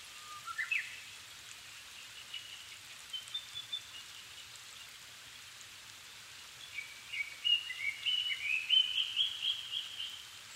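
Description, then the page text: Japanese thrush song: a short rising phrase, scattered notes, then a longer burst of rapid, sharp high notes near the end. Niigata Prefecture, Japan, 270 m altitude; 7 May 2011 at 17:59, evening; Sony PCM-D50 recorder, Panasonic WM-61A mic. "kurotugumi 20110507-1759. Turdus cardis [Sounds -Nikko Today-]"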